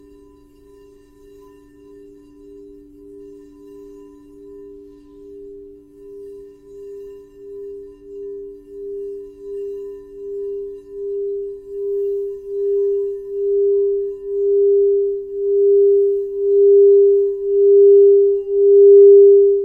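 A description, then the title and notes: A crystal singing bowl rings with a steady, pure tone in the low-middle range, joined by a second close pitch that makes it beat. The pulsing throb slows and grows louder across the twenty seconds, swelling in even waves toward the end. Crystal singing bowl.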